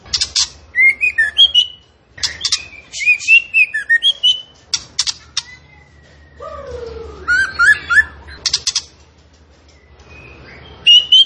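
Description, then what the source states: Zebra finch song, lively and varied: quick sharp chips mixed with clear whistled phrases, a lower sliding whistle midway, and short bursts after brief pauses. Actively singing (gacor) bird; used as masteran training audio.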